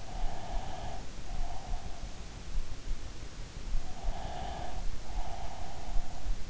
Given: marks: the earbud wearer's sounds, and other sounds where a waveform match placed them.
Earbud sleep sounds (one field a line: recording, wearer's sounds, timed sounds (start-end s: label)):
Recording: sounds in sleep by an in-ear microphone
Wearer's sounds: breath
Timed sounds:
0.04-2.18 s: breath
4.18-6.50 s: breath